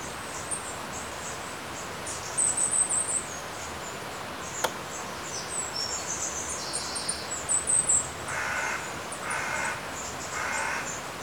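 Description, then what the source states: Bird chirps: thin, high twittering notes scattered through, over a constant rush of flowing water. Recorded beside a river.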